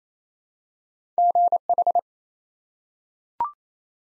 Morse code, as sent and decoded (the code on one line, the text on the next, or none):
--. ....
GH